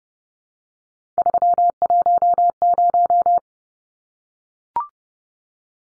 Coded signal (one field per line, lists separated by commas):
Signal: Morse code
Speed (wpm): 30 wpm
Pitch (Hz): 700 Hz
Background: none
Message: 310